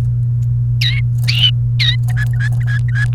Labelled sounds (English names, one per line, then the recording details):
Domestic Canary song
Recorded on 28 April 2018 at 15:17
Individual llb3